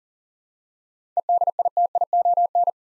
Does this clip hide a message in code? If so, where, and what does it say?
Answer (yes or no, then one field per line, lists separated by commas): yes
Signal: Morse code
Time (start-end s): 1.2-2.7 s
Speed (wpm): 40 wpm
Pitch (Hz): 700 Hz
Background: none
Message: EDITION